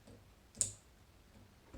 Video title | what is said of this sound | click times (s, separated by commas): Kitchen Makeover by Installing a New Updated Sink - DIY Sink & Faucet Replacement | that just snaps right into place like that pretty easily done | 0.6 s